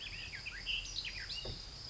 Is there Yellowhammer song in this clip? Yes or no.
no